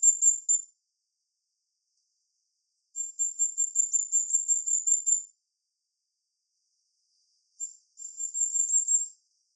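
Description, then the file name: Common firecrest song: very high, thin notes run together in three short bursts separated by silent gaps, with no other sounds. Song; Europe. "Sommergoldhaehnchen Gesang Voegel in Europa"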